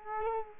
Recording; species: mosquito wingbeat signal from an infrared sensor; Culex quinquefasciatus